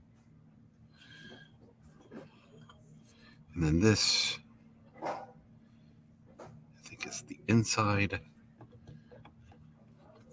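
An inner plastic leg piece is handled and fitted toward a model Titan leg assembly during a painting project, with soft plastic handling sounds and a few small taps while someone talks. Nothing has seated or clicked yet; the clip ends just before the part goes home.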